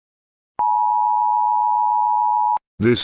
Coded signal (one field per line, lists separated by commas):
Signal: Emergency Alert System (SAME) tones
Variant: 853 and 960 Hz attention tone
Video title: EVO-12 (An EAS Scenario)